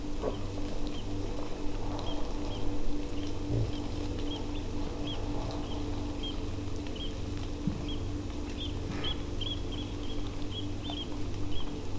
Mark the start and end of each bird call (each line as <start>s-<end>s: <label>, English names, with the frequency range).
0.30s-0.37s: Eurasian Oystercatcher (2.8-3.3 kHz)
0.94s-1.01s: Eurasian Oystercatcher (2.6-3.4 kHz)
2.06s-2.13s: Eurasian Oystercatcher (2.7-3.5 kHz)
2.50s-2.58s: Eurasian Oystercatcher (2.7-3.4 kHz)
3.17s-3.26s: Eurasian Oystercatcher (2.5-3.4 kHz)
3.73s-3.80s: Eurasian Oystercatcher (2.8-3.5 kHz)
4.27s-4.60s: Eurasian Oystercatcher (2.4-3.7 kHz)
5.04s-5.17s: Eurasian Oystercatcher (2.5-3.6 kHz)
5.63s-5.75s: Eurasian Oystercatcher (2.5-3.6 kHz)
6.18s-6.32s: Eurasian Oystercatcher (2.2-3.5 kHz)
6.95s-7.08s: Eurasian Oystercatcher (2.5-3.5 kHz)
7.83s-7.96s: Eurasian Oystercatcher (2.2-3.6 kHz)
8.47s-8.71s: Eurasian Oystercatcher (2.4-3.8 kHz)
9.03s-9.13s: Eurasian Oystercatcher (2.7-3.6 kHz)
9.40s-10.15s: Eurasian Oystercatcher (2.2-3.6 kHz)
10.51s-11.04s: Eurasian Oystercatcher (2.5-3.8 kHz)
11.51s-11.64s: Eurasian Oystercatcher (2.3-3.5 kHz)